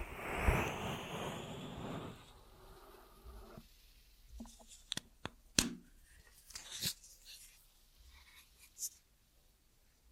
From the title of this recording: Ear Massage Triggers